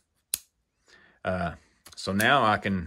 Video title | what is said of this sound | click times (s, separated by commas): ICON - 1/4" Locking Flex Head Ratchet & Bits RXFT-35 Harbor Freight, Better decision than WERA? | See if you can hear that click. | 0.3 s